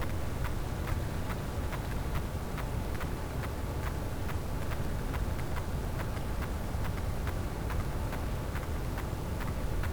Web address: Physeter Macrocephalus cachalot